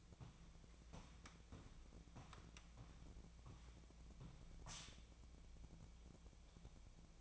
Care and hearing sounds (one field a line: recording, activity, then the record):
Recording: daily activity, microphone in the room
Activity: walk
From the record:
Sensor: 1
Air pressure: 1012.2 hPa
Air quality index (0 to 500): 178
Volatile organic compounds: 3 ppm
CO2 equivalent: 1460 ppm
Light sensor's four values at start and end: 46/127/51/63 and 46/126/51/63